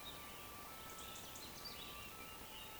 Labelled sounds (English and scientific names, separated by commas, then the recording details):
Eurasian Woodcock (Scolopax rusticola)
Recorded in Baden-Württemberg, Germany, on 16 June 2020 at 20:03 UTC
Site 14569, 102 m above sea level